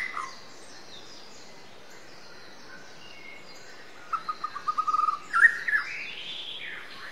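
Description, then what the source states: White-rumped shama song, a quiet start, then a fast run of short clipped notes followed by a rising whistled phrase and a drawn-out upward sweep, against steady background hiss. Wild white-rumped shama from the forest (murai batu hutan) singing.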